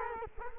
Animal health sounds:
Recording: mosquito wingbeat signal from an infrared sensor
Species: Culex quinquefasciatus

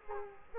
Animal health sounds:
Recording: mosquito wingbeat signal from an infrared sensor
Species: Culex quinquefasciatus

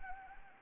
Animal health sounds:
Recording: mosquito wingbeat signal from an infrared sensor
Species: Anopheles arabiensis

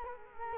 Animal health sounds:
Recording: mosquito wingbeat signal from an infrared sensor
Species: Culex quinquefasciatus

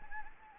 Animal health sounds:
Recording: mosquito wingbeat signal from an infrared sensor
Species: Anopheles gambiae

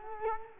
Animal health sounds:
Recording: mosquito wingbeat signal from an infrared sensor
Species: Culex quinquefasciatus

